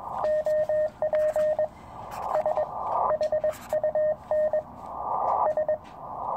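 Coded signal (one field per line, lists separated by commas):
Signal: Morse code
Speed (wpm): 20 wpm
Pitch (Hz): 600 Hz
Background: radio noise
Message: OP SHUN S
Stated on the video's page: 40 m field operation using a homemade ultralight end-fed Zepp antenna on a mountain, for QRP use.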